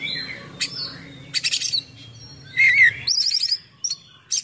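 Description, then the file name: Oriental magpie-robin giving scattered phrases: a soft whistle, brief harsh buzzy bursts, a bright warbled trill, then short sharp chips over low background hum. Bird in full song condition (gacor), with song packed with imitations of other birds (full isian). "KACER GACOR FULL ISIAN MEWAH"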